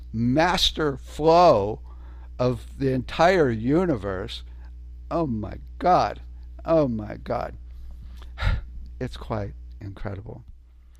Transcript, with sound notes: Master Flow of the entire universe, oh my God, oh my God, (exhales) it's quite incredible.